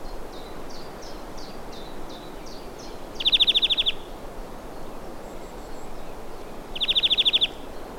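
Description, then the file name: European greenfinch calling with two fast, rattling trills roughly three and a half seconds apart, preceded by a series of short, high, repeated chip notes in the background. "Chloris chloris"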